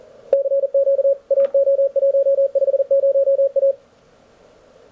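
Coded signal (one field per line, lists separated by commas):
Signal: Morse code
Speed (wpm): 40 wpm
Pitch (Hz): 550 Hz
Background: radio noise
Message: CQ AO150A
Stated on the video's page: Elecraft K1 transceiver with a 2X15m dipole, powered by a 12V gel cell.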